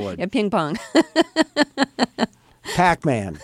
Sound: laughter

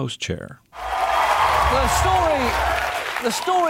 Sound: applause

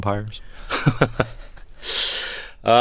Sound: soundbite of laughter

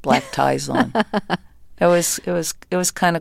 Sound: laughter

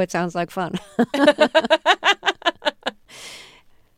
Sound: laughter

